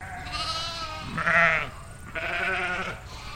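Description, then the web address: Sheep bleating, three wavering baas in quick succession, one louder harsh bleat near the middle and another long quavering bleat toward the end. Group of Dorper sheep baaing. "Sound Effects-Foundation 1 ANIMAL SHEEP DORPER GROUP BAA"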